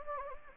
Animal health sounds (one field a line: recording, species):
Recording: mosquito wingbeat signal from an infrared sensor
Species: Anopheles gambiae